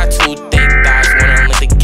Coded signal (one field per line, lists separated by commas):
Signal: Emergency Alert System (SAME) tones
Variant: header bursts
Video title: Ransom X EAS Alarm (Full)